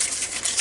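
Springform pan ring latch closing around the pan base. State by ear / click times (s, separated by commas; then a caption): seated / 0.5 s. A metal springform pan's ring is pushed down around its base while the side latch is pressed at the same time. A single click sounds at 0.5 s as the latch locks closed, seating the ring firmly in place.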